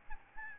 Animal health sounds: mosquito wingbeat signal from an infrared sensor; Aedes albopictus

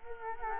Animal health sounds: mosquito wingbeat signal from an infrared sensor; Culex quinquefasciatus

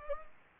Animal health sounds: mosquito wingbeat signal from an infrared sensor; Anopheles gambiae

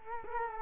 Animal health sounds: mosquito wingbeat signal from an infrared sensor; Culex quinquefasciatus

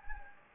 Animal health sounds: mosquito wingbeat signal from an infrared sensor; Anopheles gambiae

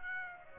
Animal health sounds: mosquito wingbeat signal from an infrared sensor; Aedes aegypti

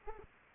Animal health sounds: mosquito wingbeat signal from an infrared sensor; Aedes aegypti

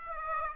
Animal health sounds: mosquito wingbeat signal from an infrared sensor; Aedes aegypti

